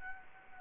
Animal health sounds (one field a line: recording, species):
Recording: mosquito wingbeat signal from an infrared sensor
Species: Anopheles gambiae